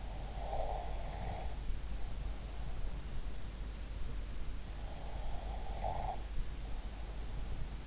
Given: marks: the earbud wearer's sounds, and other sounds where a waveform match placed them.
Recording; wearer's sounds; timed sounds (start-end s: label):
sounds in sleep by an in-ear microphone; breath
0.10-1.94 s: breath
4.35-7.87 s: breath